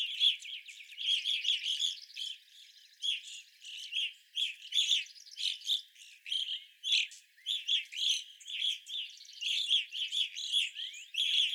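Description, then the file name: Evening grosbeak flock chattering almost nonstop, dense overlapping chirps and burry notes with barely a pause throughout. Several birds recorded on 25 April 2021. "2021-04-25 Evening Grosbeaks"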